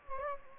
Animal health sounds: mosquito wingbeat signal from an infrared sensor; Anopheles gambiae

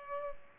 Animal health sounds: mosquito wingbeat signal from an infrared sensor; Culex pipiens

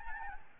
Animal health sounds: mosquito wingbeat signal from an infrared sensor; Aedes albopictus

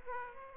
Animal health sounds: mosquito wingbeat signal from an infrared sensor; Aedes aegypti

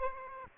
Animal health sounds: mosquito wingbeat signal from an infrared sensor; Aedes aegypti

